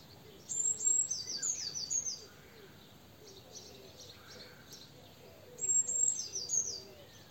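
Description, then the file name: Eurasian blue tit calling: very high thin notes followed by a quick falling run of buzzy notes, given twice about five seconds apart, with faint soft cooing below. "Cyanistes caeruleus"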